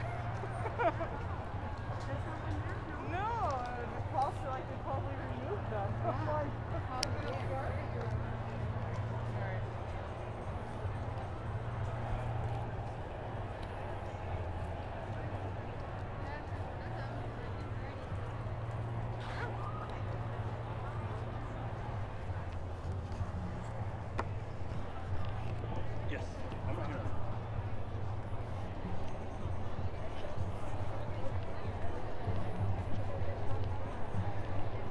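Street protest ambience: a dense, steady wash of many voices talking and calling out at once, with no single speaker standing out. A constant low rumble runs underneath throughout, and brief sharper shouts and knocks poke through now and then, growing slightly louder toward the end.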